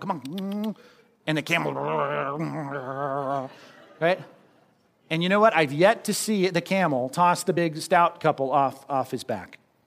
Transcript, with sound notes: "Come on." And the camel. [grunting sound] And you know what? I've yet to see the camel toss the big stout couple off his back.